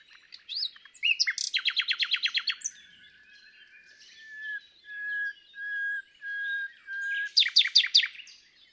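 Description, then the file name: Nightingale song opening with a fast burst of repeated notes, then a series of long, pure, swelling whistles on one pitch, closing with sharp chattering notes. "Luscinia megarhynchos"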